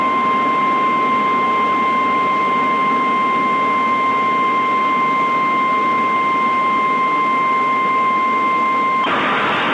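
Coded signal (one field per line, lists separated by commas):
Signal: Emergency Alert System (SAME) tones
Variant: 1050 Hz attention tone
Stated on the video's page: The SAME tones are part of a fictional EAS scenario, a mock rather than a real alert.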